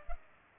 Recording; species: mosquito wingbeat signal from an infrared sensor; Culex pipiens